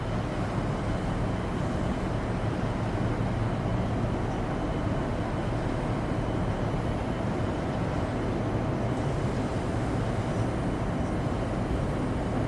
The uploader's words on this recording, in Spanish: Ambiente de Cabina de Transbordador para un Sueño Profundo.